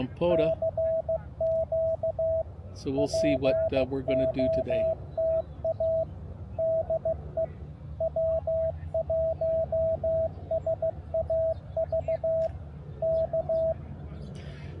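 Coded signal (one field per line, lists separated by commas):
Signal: Morse code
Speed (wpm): 15 wpm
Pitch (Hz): 650 Hz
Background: speech, radio noise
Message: CQ POTA DE W1SAV K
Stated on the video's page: Park activation where conditions prevented contacts.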